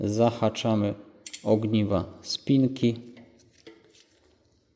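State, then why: Not seated. Someone talks while the two halves of a metal chain connector link are hooked into the ends of a bicycle chain by hand and moved toward the top of the chain. Only small, faint handling clicks are heard near the end, around 3.4 to 4.0 seconds. The link has not seated or clicked yet; it will be snapped home later by tapping the crank.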